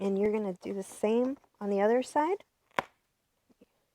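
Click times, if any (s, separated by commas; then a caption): 2.8 s. Someone talks, then pushes the plastic side bracket of the front seat down onto the frame of a Caboose RS stroller on the second side. It snaps into place with a sharp click at 2.8 s, the second of two clicks, and the seat is installed.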